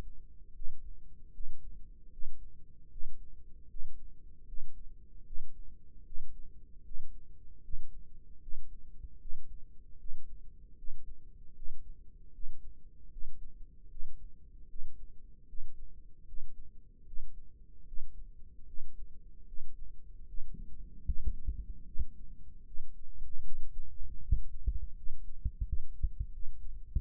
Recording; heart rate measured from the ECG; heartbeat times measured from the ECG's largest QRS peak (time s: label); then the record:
heart sounds by microphone in the left ear; 77 bpm
0.54 s: heartbeat
1.32 s: heartbeat
2.11 s: heartbeat
2.90 s: heartbeat
3.68 s: heartbeat
4.46 s: heartbeat
5.25 s: heartbeat
6.04 s: heartbeat
6.83 s: heartbeat
7.62 s: heartbeat
8.40 s: heartbeat
9.19 s: heartbeat
9.98 s: heartbeat
10.76 s: heartbeat
11.54 s: heartbeat
12.32 s: heartbeat
13.10 s: heartbeat
13.89 s: heartbeat
14.68 s: heartbeat
15.47 s: heartbeat
16.26 s: heartbeat
17.05 s: heartbeat
17.85 s: heartbeat
18.66 s: heartbeat
19.46 s: heartbeat
20.26 s: heartbeat
21.05 s: heartbeat
21.86 s: heartbeat
22.65 s: heartbeat
23.43 s: heartbeat
24.21 s: heartbeat
24.95 s: heartbeat
25.65 s: heartbeat
26.32 s: heartbeat
26.96 s: heartbeat
From the record:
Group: healthy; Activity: breath hold 0-23 s, rest 23-27 s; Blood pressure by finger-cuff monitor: 131/84 mmHg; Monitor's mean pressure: 97 mmHg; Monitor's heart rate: 76 bpm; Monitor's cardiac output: 5.6 L/min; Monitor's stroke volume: 73 mL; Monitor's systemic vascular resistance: 1290 dyn s/cm5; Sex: female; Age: 37 years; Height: 168 cm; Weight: 70 kg